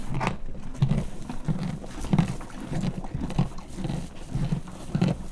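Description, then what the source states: Horse chewing, a series of repeated low crunching bursts. Farmyard; horse eating corn and stamping with its foot.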